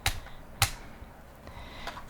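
The adjustable arm of a small plastic Q16 smart phone tripod is swung through its ratchet joint, which clicks into detent positions with two sharp clicks at 0.1 s and 0.6 s. Fainter ticks follow at about 1.5 s and 1.9 s, and the arm seats in its detents.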